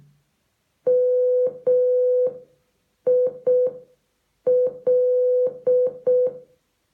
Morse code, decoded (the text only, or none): MIL